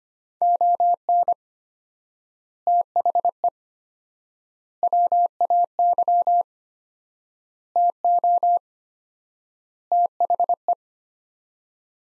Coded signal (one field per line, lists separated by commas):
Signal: Morse code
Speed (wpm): 25 wpm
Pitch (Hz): 700 Hz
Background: none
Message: ON THE WAY TO THE